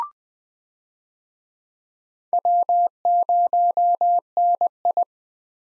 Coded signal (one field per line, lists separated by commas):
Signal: Morse code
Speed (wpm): 20 wpm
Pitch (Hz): 700 Hz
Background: none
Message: W0NI